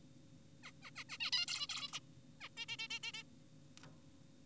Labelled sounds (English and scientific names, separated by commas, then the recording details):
Zebra Finch (Taeniopygia guttata)
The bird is an adult
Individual g4p5U